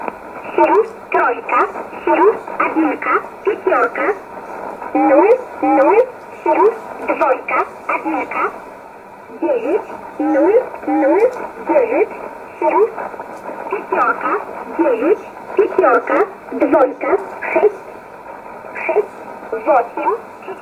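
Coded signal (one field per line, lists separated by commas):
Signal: numbers station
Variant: S11a Cherta, Russian voice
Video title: 25 06 2020 S11a Cherta Numbers station in Russian 0709 on 9339 unknown tx site in USB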